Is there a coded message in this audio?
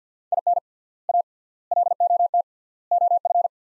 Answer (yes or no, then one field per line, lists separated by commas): yes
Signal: Morse code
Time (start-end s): 0.3-3.5 s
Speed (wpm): 50 wpm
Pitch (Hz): 700 Hz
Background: none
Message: IN A LOT OF